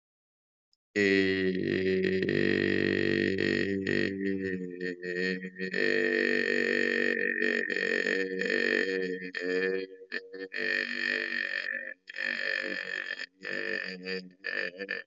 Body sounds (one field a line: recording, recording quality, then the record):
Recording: sustained vowel as in made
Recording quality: excellent, no background noise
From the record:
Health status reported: COVID-19 positive, no symptoms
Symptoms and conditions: none ticked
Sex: male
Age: 34 years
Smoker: not ticked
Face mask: not worn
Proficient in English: no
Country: India